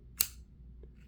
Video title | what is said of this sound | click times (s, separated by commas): MILSPIN How To Install Your Racker Jacker | then we push until we hear an audible click | 0.2 s